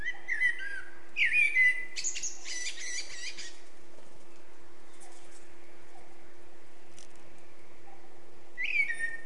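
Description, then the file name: Eurasian blackbird singing fluty warbled notes that turn into thin high twittering, then a long pause before the next phrase starts; a constant low hum runs underneath. "Turdus merula"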